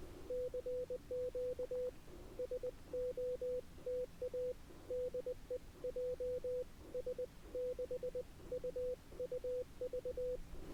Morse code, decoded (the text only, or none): CQ SOTA DE JS6UUV